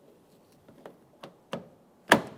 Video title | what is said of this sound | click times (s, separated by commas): How to Replace Front Exterior Door Handles 2014-2018 Mazda 3 | After an audible click, we're going to attempt to function the door handle. | 2.1 s